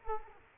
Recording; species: mosquito wingbeat signal from an infrared sensor; Culex quinquefasciatus